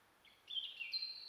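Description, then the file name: European robin calling with a high, thin wavering whistle that slides slightly up and down, ending on a steadier note, against soft hiss. "Erithacus rubecula"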